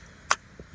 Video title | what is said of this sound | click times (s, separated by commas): Guide to Setting/Identification Coil Spring Traps | hear that click. It just fell into the night latch. | 0.3 s